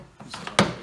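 A nylon pry tool works around the plastic interior door panel of a Toyota Tacoma truck door, releasing the plastic push clips from the metal door. A soft tick comes at 0.2 s, then the clips snap loose with a sharp pop at 0.5 s and a louder crack at 0.6 s. The panel clips have popped out and released.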